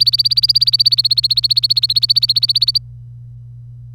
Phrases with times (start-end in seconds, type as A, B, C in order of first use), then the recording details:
0.00-2.78 A. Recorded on 25 April 2018 at 08:44. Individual llb3